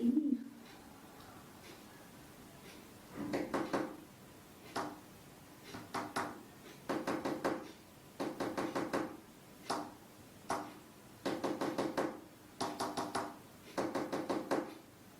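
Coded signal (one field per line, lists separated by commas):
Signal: tap code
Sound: groups of hollow knocks, roughly ten clusters of one to five taps each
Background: small room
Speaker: What I ended up getting was 3-1, 3-4, 5-1, 1-5, 4-5, which ends up spelling love you.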